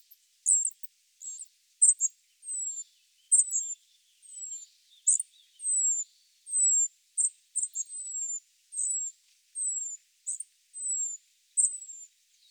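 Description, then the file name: Spotted flycatcher calls: steady series of sharp high chips and thin, falling whistles, alternating roughly every half second to a second. Recorded in Sardinia. "GOBE MOUCHE GRIS ORIGINAL SARDE"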